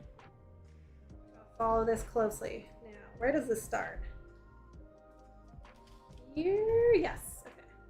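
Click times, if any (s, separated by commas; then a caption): none. A plastic LEGO building brick is handled over the model during a build of the 3179-piece LEGO Claude Monet Bridge over a Pond of Water Lilies mosaic art set, pressed toward the baseplate/model. Someone talks over soft background music, with only faint small ticks at about 0.2 s and 5.7 s. Nothing has seated or clicked into place yet.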